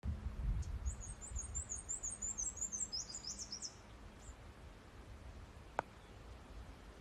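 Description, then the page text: Black-and-white warbler gives a sibilant, high-pitched run of repeated see-wee phrases lasting about three seconds, then one faint extra note and a single sharp click later. Recorded in Maryland. "Black-and-white Warbler by Josh Emm"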